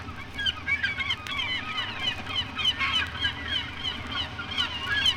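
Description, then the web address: Gulls calling in a noisy flock, with quick shrill cries tumbling over one another and a soft low rumble underneath. "sea gulls"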